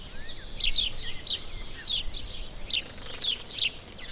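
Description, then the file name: House sparrow giving short, sharp chirps in quick pairs and singles, against faint low background noise. "Passer domesticus"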